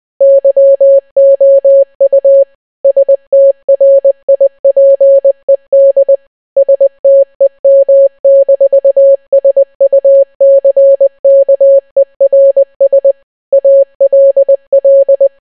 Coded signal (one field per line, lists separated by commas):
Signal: Morse code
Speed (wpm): 20 wpm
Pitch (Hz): 550 Hz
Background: none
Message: YOU STRIPED STEM-SUCKERS ALL